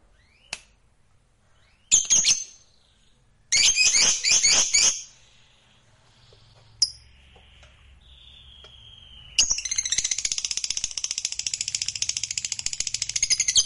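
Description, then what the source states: Lovebird song: short bursts of harsh, squawky chirps, then a long run of rapid, buzzy, high chatter that keeps going to the end. Fighter-type lovebird singing energetically, described as gacor.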